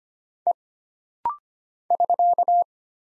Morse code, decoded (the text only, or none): E <SK>